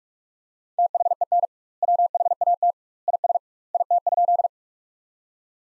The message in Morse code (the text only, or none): THEN WHAT IS IT?